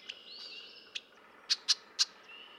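Red-winged blackbird, a few sharp, loud chipping notes spaced irregularly over a soft background of thin whistles.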